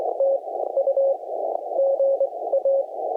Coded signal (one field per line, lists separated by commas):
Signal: Morse code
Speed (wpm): 20 wpm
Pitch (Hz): 550 Hz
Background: none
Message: TU GA